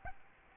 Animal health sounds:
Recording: mosquito wingbeat signal from an infrared sensor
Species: Aedes albopictus

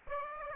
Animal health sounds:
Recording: mosquito wingbeat signal from an infrared sensor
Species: Aedes aegypti

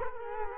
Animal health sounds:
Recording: mosquito wingbeat signal from an infrared sensor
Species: Culex quinquefasciatus

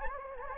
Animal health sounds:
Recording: mosquito wingbeat signal from an infrared sensor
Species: Anopheles gambiae

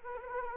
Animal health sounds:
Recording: mosquito wingbeat signal from an infrared sensor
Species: Anopheles arabiensis

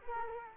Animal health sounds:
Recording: mosquito wingbeat signal from an infrared sensor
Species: Culex quinquefasciatus

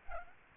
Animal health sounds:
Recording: mosquito wingbeat signal from an infrared sensor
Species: Aedes aegypti

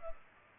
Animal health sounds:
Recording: mosquito wingbeat signal from an infrared sensor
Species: Culex pipiens

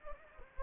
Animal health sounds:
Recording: mosquito wingbeat signal from an infrared sensor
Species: Anopheles gambiae

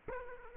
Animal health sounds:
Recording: mosquito wingbeat signal from an infrared sensor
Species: Aedes aegypti

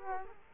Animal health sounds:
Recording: mosquito wingbeat signal from an infrared sensor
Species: Culex quinquefasciatus

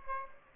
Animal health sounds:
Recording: mosquito wingbeat signal from an infrared sensor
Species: Aedes aegypti

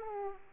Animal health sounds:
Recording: mosquito wingbeat signal from an infrared sensor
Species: Aedes aegypti

